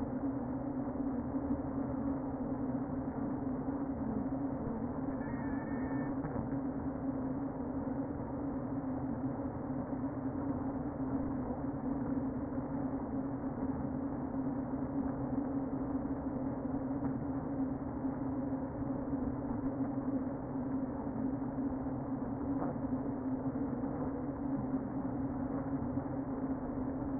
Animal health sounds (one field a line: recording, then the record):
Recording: honeybee colony, microphone inside the hive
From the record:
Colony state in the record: queen present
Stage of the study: before two queens were removed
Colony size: about 60,000 bees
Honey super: yes